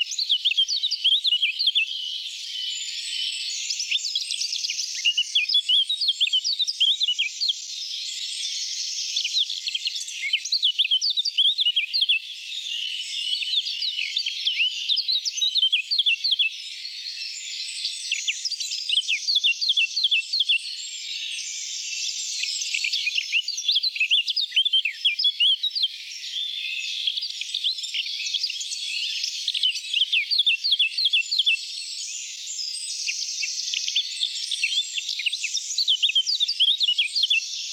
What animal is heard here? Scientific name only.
Sylvia atricapilla